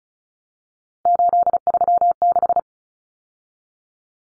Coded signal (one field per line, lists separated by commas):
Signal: Morse code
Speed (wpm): 34 wpm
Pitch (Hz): 700 Hz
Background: none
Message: 836